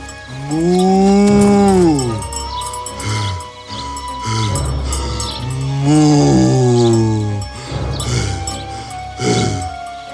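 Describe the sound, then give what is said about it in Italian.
A water buffalo lows in about three long, deep calls, each swelling and then sliding down in pitch, loud and with no voices alongside. “Edgar portò a casa entrambi i suoi bufali.”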